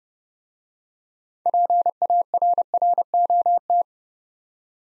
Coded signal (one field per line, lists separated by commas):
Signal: Morse code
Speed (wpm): 30 wpm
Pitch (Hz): 700 Hz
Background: none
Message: PARROT